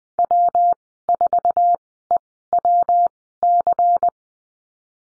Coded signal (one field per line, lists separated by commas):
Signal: Morse code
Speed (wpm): 20 wpm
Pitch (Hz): 700 Hz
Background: none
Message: W4EWC